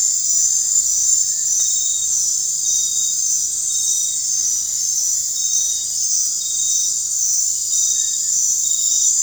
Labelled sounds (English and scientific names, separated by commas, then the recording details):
none
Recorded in dense forest near Puerto Asís, Putumayo, Colombia, on 16 December 2024 at 19:00
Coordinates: 0.468, -76.322
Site G071